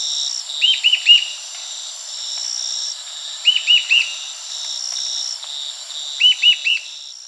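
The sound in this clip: Bird gives three bursts of three bright, arched chirps, roughly every three seconds, over an unbroken pulsing insect chorus.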